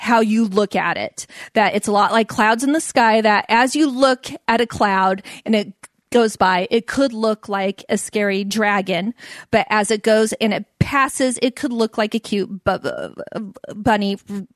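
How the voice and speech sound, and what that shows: Adult woman speaking with stuttering. She is a person who stutters, and her stuttering includes blocks.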